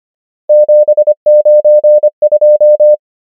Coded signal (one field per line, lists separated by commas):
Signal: Morse code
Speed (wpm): 25 wpm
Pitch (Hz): 600 Hz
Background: none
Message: 7 9 2